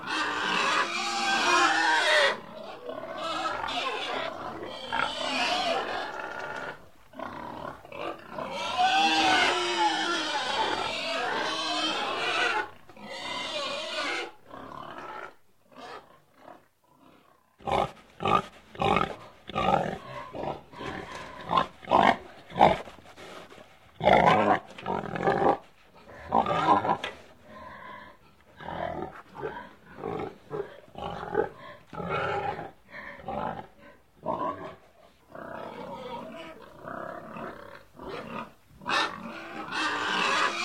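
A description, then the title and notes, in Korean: Pigs squeal and grunt loudly, with dense, overlapping shrill cries filling the first fifteen seconds. After a brief lull, the calls break into shorter, choppy bursts of grunts and squeals through to the end, with faint talking now and then. 돼지 울음 소리.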